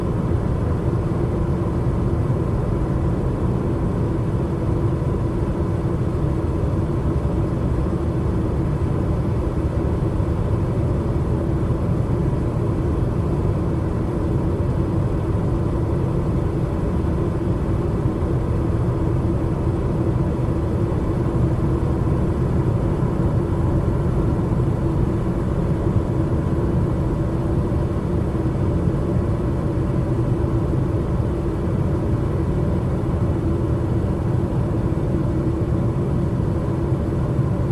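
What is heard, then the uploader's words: Car driving sounds: a steady, dense low rumble of the cabin on the road that holds the same level for the whole stretch. Deep road and engine drone dominates, with a faint hum near the middle and a thin hiss above, and no separate events. White Noise Car Driving Sounds For Sleeping.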